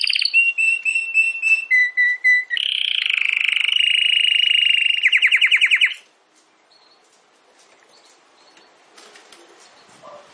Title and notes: Canário Belga Campainha Canary Singing. Canario Belga Cantando